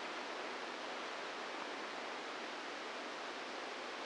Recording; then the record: brain microelectrode recording played as sound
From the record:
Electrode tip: inside the subthalamic nucleus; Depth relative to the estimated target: 1 mm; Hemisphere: right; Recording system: NeuroSet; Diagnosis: Parkinson's disease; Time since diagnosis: 10 years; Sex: female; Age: 45 years